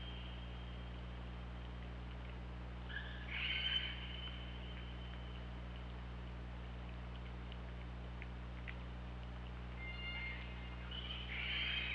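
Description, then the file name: Orca pulsed calls, a buzzy call after three seconds and two more near the end, with long quiet hum between. Recorded by OrcaLab hydrophone underwater, 24 August 2017, around 19:00. "Orca Lab UTLN JASON 20170824 190028"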